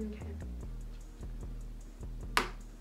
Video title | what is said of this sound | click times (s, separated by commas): MacBook Air 2020 13” Review Plus Accessories Unboxing💚 | there we go there's the click | 2.4 s